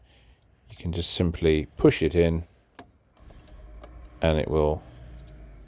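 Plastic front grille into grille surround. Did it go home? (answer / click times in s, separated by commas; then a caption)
yes / 5.3 s. A new plastic front grille on a BMW 5 Series is pushed into the car's grille surround while someone talks. A few faint ticks are heard, then a sharp click at 5.3 s as its plastic tabs seat into place.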